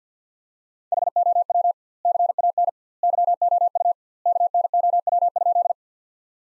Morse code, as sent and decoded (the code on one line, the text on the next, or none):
.... --- .-- / -.-. .- -. / -.-- --- ..- / -.- -. --- .-- ..--..
HOW CAN YOU KNOW?